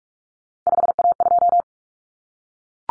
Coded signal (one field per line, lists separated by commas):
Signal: Morse code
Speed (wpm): 44 wpm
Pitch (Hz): 700 Hz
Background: none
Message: 5A2